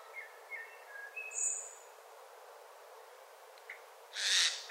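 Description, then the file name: Eurasian jay giving one harsh, noisy screech near the end, with thin high whistles earlier. "Garrulus glandarius"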